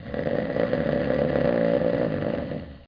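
An adult sleeper snoring: a single sustained, rough, buzzing snore lasting about three seconds.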